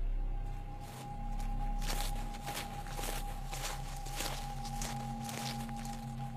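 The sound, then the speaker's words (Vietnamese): Footsteps of someone walking through an overgrown, tree-filled garden behind a house at around 2 a.m., a slow, uneven series of soft crunching steps over a low, steady hum, with no voices. “Bên ngoài khoảng vườn tùm cây cối, bỗng nhiên có tiếng bước chân ai đó đi lại ở sau vườn.”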